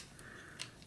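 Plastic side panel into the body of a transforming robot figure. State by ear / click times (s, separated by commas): not seated / none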